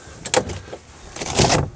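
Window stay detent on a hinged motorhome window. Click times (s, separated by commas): 0.3 s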